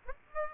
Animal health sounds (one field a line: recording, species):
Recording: mosquito wingbeat signal from an infrared sensor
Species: Aedes aegypti